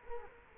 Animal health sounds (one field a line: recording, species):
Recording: mosquito wingbeat signal from an infrared sensor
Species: Culex quinquefasciatus